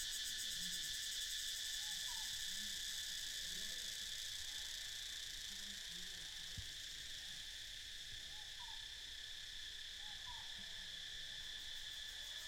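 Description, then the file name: Cicadas hold a steady high buzzing chorus with rapid pulsation; faint downslurred notes recur at intervals and a single sharp tap is heard midway. "freesound cicadas"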